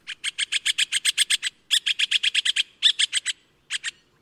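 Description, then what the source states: Hispaniolan woodpecker calls, rapid series of sharp, high chattering notes in three bursts with short pauses, then a final pair. Found in Haiti and the Dominican Republic; males have bigger bills and peck bark and probe deep tree holes, while females pick insects and spiders from leaf and bark surfaces.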